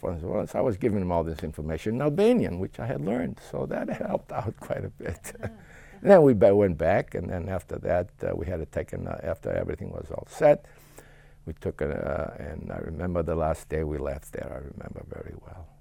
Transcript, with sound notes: so I was giving him all this information in Albanian, which I had learned. So that helped out quite a bit. (laughs) Then I went back, and then after that we had taken, after everything was all set, we took, and I remember the last day we left there, I remember very well.